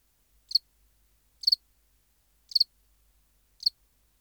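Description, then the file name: House cricket giving four brief high chirps roughly a second apart, some split into two or three quick pulses. "Acheta domesticus"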